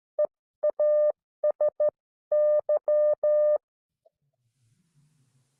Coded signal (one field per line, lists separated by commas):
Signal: Morse code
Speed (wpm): 13 wpm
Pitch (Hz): 600 Hz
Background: none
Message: EASY